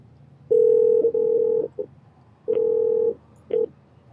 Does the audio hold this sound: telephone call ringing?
yes